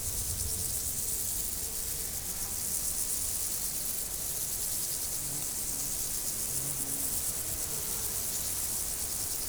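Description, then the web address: Insects keep up a continuous hissing, high chorus, with faint low tones sounding now and then beneath. Insects in nature, 2014. "allathangok termeszetben rovarok 2014"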